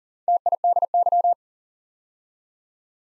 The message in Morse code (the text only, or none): TIDY